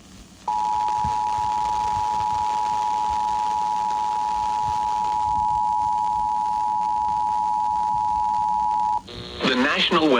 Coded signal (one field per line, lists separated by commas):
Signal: Emergency Alert System (SAME) tones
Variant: 853 and 960 Hz attention tone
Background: speech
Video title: EAS #2651 MKX Severe Thunderstorm Warning on WZOK